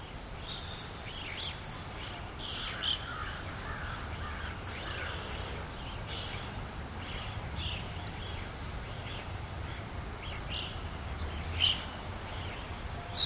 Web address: BBC America. fort kent roadside actuality with starlings roosting